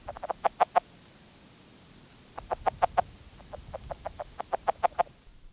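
Red-legged frog calling: short knocking pulses in quick stuttering series, one burst at the start, then a longer run after a pause.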